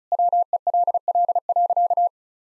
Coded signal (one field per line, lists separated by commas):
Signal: Morse code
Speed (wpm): 34 wpm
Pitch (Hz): 700 Hz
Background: none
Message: WELL.